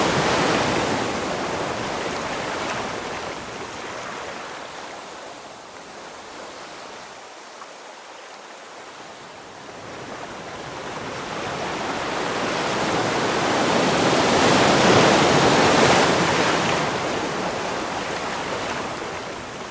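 Ocean waves wash onto a beach in a continuous hissing roar. The sound swells, eases to a quieter lull around eight seconds, then builds again to a fuller, heavier crash near fifteen seconds before slowly receding.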